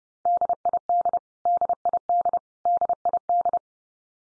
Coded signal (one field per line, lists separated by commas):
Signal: Morse code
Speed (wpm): 30 wpm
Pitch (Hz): 700 Hz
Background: none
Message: DID DID DID